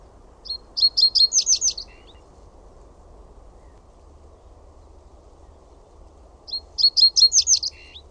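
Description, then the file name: Reed bunting song: two short phrases of a few sharp introductory notes followed by a quick chirpy run of about six notes, six seconds apart, with low background hum. "PAJUSIRKKU"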